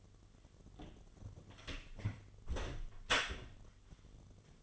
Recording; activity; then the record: daily activity, microphone in the room; close door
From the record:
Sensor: 4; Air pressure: 1007.9 hPa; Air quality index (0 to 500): 188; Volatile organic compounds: 6 ppm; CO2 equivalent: 1886 ppm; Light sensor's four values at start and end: 23/72/27/26 and 23/74/28/27